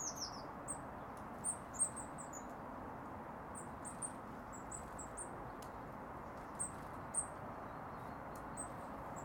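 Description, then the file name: Eurasian blue tit with thin, high call notes, a quick descending cluster at the start, then single and double notes spread throughout over a steady background rush. "Cyanistes caeruleus"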